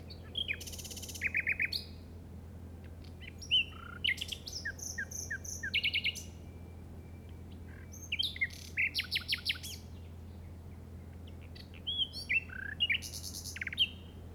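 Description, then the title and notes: Common nightingale delivering varied song phrases: buzzy bursts, whistles and quick rattles, repeated several times with brief gaps, over a constant low hum. Recorded in the Llobregat Delta at 06:00 on 8 May 2015 with a Zoom recorder. "Grabación de ruiseñor común (Luscinia megarhynchos) en el Delta del Llobregat a las 06:00 del 08/05/2015."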